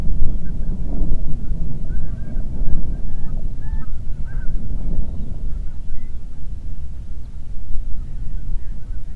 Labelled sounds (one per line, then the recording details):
songbird
waterfowl
wind
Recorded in the Prudhoe Bay oil fields, Alaska, on 8 June 2019 at 04:32
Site 30